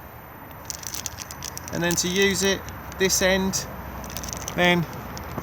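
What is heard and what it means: A barbecue gas adapter is handled near the external gas outlet on an Auto-Sleeper Wiltshire motorhome, making a few small, sharp taps and rattles between about 0.7 and 1.6 seconds. Someone talks over the handling. The adapter has not yet locked into the outlet; nothing has seated or clicked.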